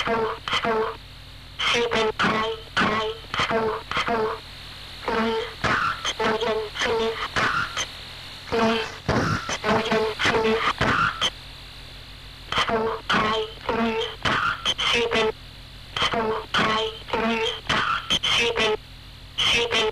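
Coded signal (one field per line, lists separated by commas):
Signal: numbers station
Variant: G02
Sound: synthetic-sounding voice reading short words in rhythmic groups over a steady hum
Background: radio hum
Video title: G02 Swedish Rhapsody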